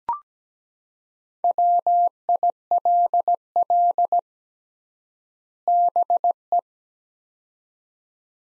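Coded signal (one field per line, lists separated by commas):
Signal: Morse code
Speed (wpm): 17 wpm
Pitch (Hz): 700 Hz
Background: none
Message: WILL BE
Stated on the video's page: Morse practice sets of two words at 17 wpm with 3x word-spacing, a Farnsworth-like method applied to words, for head-copying.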